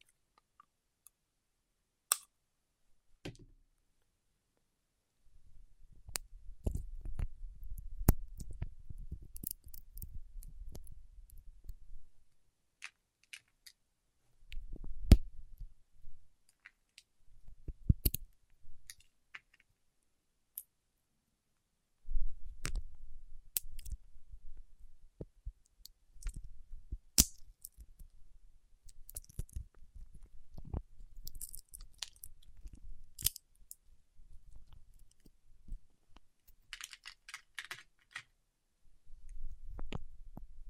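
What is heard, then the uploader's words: Wax-coated fingertips rub and tap in stretches of low, muffled scraping, scattered with sharp, crisp clicks and ticks. The rubbing comes in bursts, pausing near 12 seconds and again from about 16 to 22 seconds, then runs almost continuously to the end. ASMR with Wax Fingertips for Sleep (No Talking).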